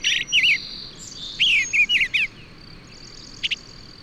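Bird giving a short run of looping, slurred whistled notes, then a brief chirp near the end, over a faint steady insect buzz.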